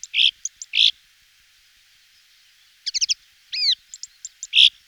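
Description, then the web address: Marsh warbler song in short bursts of varied high chattering and buzzy notes, with a few slurred notes and a pause of about two seconds. "gesang. roche. sumpfrohrsaenger"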